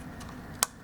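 A small plastic fold-out footstep on the body of a collectible ThreeZero Full Metal Ghost action figure mech is pulled out from its clip. A single sharp, bright tick sounds at 0.6 s over faint background noise, and the step is released open.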